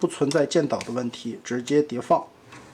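Someone talks while handling a transforming robot toy: on the other leg, the wing is stacked directly and its plastic wing tip tab is about to be flipped back and clipped into the leg. Speech fills the clip, with no distinct handling sounds. Nothing has seated or clicked yet.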